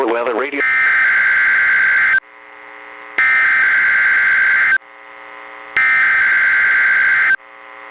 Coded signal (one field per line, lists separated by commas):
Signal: Emergency Alert System (SAME) tones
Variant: header bursts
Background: speech